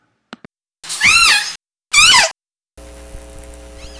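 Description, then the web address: Orca calls: two loud harmonic squealing calls that rise and fall, a second apart, followed by a hissing, humming stretch with a faint call. "Nora Learning Orca Calls"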